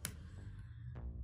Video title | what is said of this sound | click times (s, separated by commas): Samsung Galaxy Z Flip Spigen Thin Fit Cover | You hear that click in? | 0.1 s